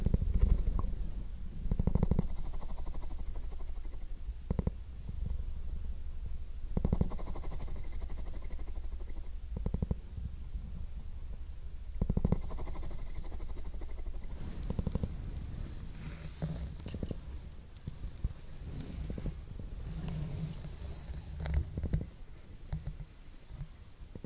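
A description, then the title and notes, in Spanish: Kittens purr in a soft, low, continuous rumble that pulses with each breath and runs through the whole stretch. Brief louder thumps or shifts break in around 2, 7 and 12 seconds, and faint brighter rustles appear after 15 seconds. Sonido de Ronroneo de Gato. Calmante ronroneo de gatitos. Tomamos el sonido lento de la frecuencia del ronroneo de un gato.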